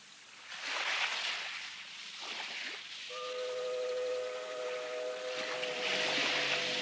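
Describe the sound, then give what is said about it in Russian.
A motor ship, not a paddle steamer, passes on the Volga River amid a steady broad rush of water and engine noise, with a sustained harmonic horn blast of about two seconds midway. No one speaks. “Теплоход идет.”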